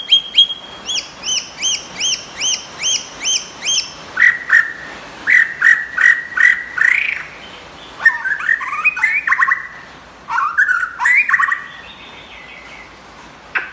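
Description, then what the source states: White-rumped shama song opening with a fast series of repeated upslurred chips, then richer lower warbled phrases and rapid rattled notes. Champion bird from a singing contest.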